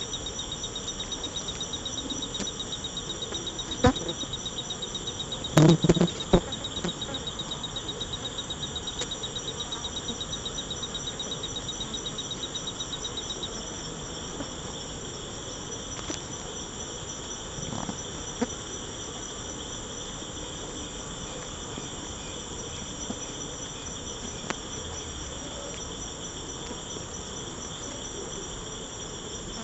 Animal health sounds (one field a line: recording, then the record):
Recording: honeybee defence experiment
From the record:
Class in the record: control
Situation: empty test tube, no live specimens